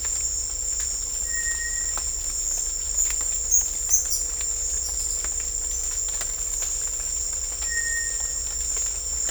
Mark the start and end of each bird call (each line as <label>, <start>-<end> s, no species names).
bird call, 1.21-1.93 s
bird call, 7.65-8.40 s